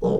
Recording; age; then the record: pig call; piglet (1 to 25 days)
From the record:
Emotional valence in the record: negative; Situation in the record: long isolation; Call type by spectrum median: low-frequency call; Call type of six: low-frequency tonal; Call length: 0.21 s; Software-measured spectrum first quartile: 201 Hz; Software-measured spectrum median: 386 Hz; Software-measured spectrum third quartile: 488 Hz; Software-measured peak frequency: 456 Hz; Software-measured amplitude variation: 138 dB a second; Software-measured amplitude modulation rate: 24.0 a second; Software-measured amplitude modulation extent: 5.7 dB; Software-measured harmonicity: 3.5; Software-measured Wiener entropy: -0.90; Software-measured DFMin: 1581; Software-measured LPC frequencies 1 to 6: 447, 3164, 5095, 5872, 7225, 8088 Hz